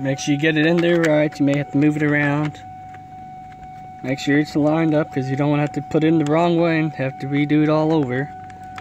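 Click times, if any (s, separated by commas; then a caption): none. Someone talks while lining up a new hazard/traction/passenger airbag indicator switch for a Lincoln MKZ/Zephyr with its opening in the dashboard trim panel, with a faint steady tone underneath. The switch is still being handled, and nothing has seated or clicked yet.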